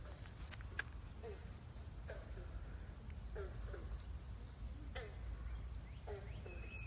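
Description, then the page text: Green frog calls: short, low notes, mostly in pairs, repeated irregularly over a steady low rumble, with a thin high whistle near the end. Recorded in Maryland, USA. "Green Frog"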